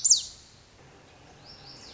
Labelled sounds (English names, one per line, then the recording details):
Lazuli Bunting
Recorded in Sonoma County, California